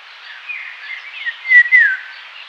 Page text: Indian Golden Oriole Song, Quick Sounds